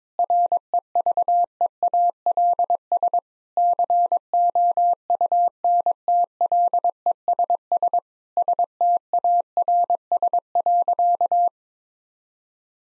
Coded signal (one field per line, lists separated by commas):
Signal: Morse code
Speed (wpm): 22 wpm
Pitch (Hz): 700 Hz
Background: none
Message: REVEALS COUNTLESS STARS.